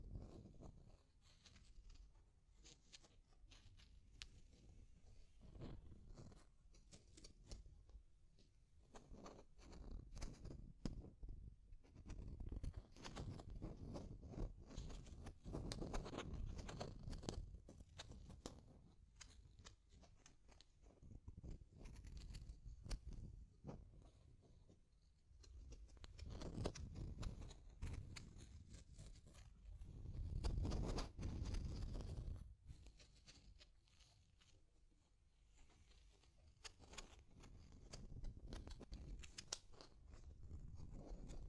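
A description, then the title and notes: Deep scratching, a low rough rasping that comes in uneven bursts and swells, loudest around 15 seconds and again near 27 to 32 seconds. Dense, gritty strokes fill the low end, with thin crackly detail above and brief quieter gaps between passes. Deep Scratching. (No Talking).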